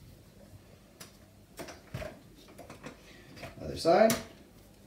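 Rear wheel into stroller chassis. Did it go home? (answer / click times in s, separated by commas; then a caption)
no / none. Someone talks while handling the second rear wheel of a Nuna Triv stroller, positioning it at the stroller chassis, with soft knocks around 1.0 s and 2.6–2.7 s and a louder scraping rustle near 3.9–4.1 s. Nothing has seated or clicked yet; the wheel is not yet home.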